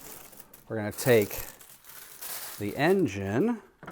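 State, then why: Not seated. A plastic engine piece is handled against the hull of a large Haslab Razor Crest toy spaceship model while someone talks, with crinkling, rustling handling noise. Nothing has seated or clicked into place yet.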